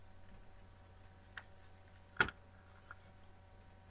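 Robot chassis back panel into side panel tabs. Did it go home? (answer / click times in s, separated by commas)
yes / 2.2 s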